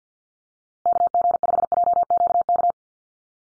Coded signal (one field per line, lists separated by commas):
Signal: Morse code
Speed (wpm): 50 wpm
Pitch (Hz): 700 Hz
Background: none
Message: KG5JQK